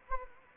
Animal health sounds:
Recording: mosquito wingbeat signal from an infrared sensor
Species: Anopheles arabiensis

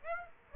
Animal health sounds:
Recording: mosquito wingbeat signal from an infrared sensor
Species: Aedes aegypti

